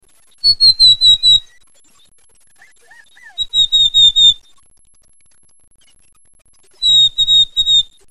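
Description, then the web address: Chestnut-backed chickadee giving three bursts of slightly descending high notes, each burst a quick string of five or six, with a few soft lower notes between. "birdvocs nwcal CBCH"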